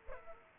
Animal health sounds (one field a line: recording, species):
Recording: mosquito wingbeat signal from an infrared sensor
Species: Aedes aegypti